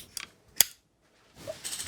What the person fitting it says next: Can you hear that clicking sound? That means the runner has fixed onto the spring.